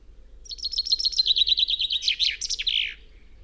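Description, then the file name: Common chaffinch song: a fast descending series of bright repeated notes closing with a short terminal flourish, delivered once. "Fringilla coelebs"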